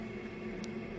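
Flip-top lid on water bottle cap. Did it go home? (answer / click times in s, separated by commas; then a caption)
released / 0.6 s. The lock on the plastic flip-top lid of a Fidus Large Half Gallon/64oz Motivational Water Bottle cap is released, and the lid pops open at 0.6 s to expose the mouthpiece. A short, bright snap sounds over a steady low background hum.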